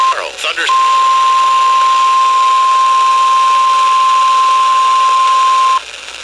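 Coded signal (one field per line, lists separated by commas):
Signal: Emergency Alert System (SAME) tones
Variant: 1050 Hz attention tone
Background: speech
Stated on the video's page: Tornado watch received on weather radio stations WXJ75 and KXI46 and radio station WMIX-FM.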